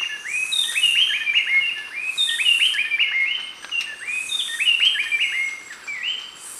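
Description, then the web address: Gray-breasted wood-wren song: rich whistled phrases of quick up-and-down notes, repeated roughly every two seconds over a pulsing high insect hiss. Recorded in lower subtropical zone of Ecuador. "Birds of Ecuador. Gray-breasted Wood-Wren"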